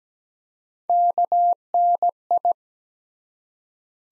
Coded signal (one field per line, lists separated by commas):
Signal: Morse code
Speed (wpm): 17 wpm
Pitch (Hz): 700 Hz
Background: none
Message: KNI